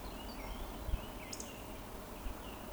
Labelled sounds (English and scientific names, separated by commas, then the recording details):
Eurasian Woodcock (Scolopax rusticola) whistle
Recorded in Baden-Württemberg, Germany, on 13 June 2020 at 19:38 UTC
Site 14569, 102 m above sea level